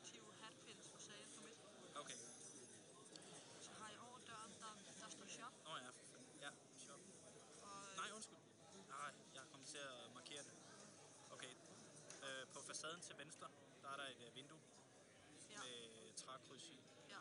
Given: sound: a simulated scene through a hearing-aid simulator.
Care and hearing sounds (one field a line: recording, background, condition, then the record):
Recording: conversation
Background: cafeteria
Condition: +4 dB SNR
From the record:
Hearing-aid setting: IV (slow-acting compression, loudness normalization)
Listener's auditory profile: D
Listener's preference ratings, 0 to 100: 78, 73, 86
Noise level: 65 dB SPL